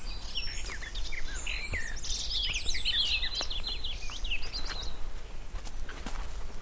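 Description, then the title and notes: Garden warbler song, a dense, frenetic warble of fluty and scratchy notes peaking midway, with scattered clicks and low background rumble. Male, singing fluted song in spring on a scrubby hillside with hawthorns in bloom; migrant species; song described as rather frenetic. "the little-known song of the garden warbler. by Fergus Collins"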